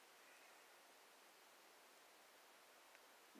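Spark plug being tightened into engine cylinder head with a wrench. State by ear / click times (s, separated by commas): not seated / none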